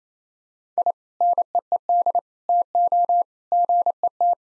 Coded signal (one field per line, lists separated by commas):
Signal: Morse code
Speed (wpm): 28 wpm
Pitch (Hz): 700 Hz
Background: none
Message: I NEED TO GET